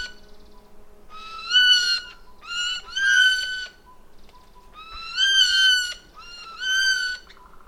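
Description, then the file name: Eurasian jay producing a run of plaintive mewing calls in two close bunches, each note swelling and slightly rising, with a faint low hum underneath. "Garrulus glandarius"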